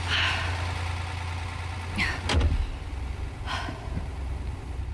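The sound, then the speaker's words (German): A waiting car's engine idles with a steady low rumble while a few brief rustling, clunking movements cut through as a woman climbs into the vehicle; no one speaks. “enteilt dann zu Walter, welcher sie im Auto mit laufendem Motor erwartet. Endlich gehen Sie steig ein.”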